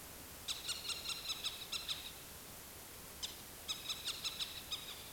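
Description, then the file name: A bird chatters in alarm with two fast bursts of sharp ticking notes separated by a short gap, against a hissy background. "BRI alarm"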